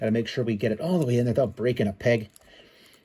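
Someone talks while pushing a plastic arm peg back into an action figure's shoulder socket, after a first try left the arm only partly in. Speech fills most of the clip, then it falls to quiet low background noise. Nothing has seated or clicked yet.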